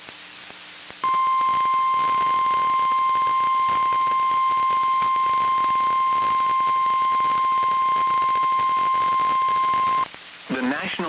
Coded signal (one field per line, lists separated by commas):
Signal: Emergency Alert System (SAME) tones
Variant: 1050 Hz attention tone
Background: speech